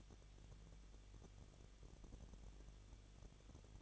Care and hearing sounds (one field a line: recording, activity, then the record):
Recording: daily activity, microphone in the room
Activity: no activity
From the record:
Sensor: 4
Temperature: 23.0 degrees Celsius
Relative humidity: 34.3%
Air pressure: 1007.3 hPa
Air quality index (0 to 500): 217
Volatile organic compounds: 15 ppm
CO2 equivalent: 2514 ppm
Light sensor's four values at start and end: 2/3/1/1 and 2/3/1/1